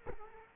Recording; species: mosquito wingbeat signal from an infrared sensor; Culex quinquefasciatus